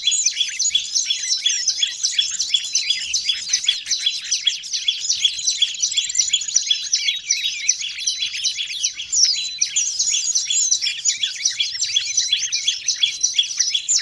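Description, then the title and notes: Birds chattering in a busy flock, sharp high chirps tumbling rapidly over one another in a steady, unbroken wall of twitters. Noisy crowd of birds, used as a lure for bird trapping. "Master Burung Ribut Durasi Panjang. Burung Ribut Pikat"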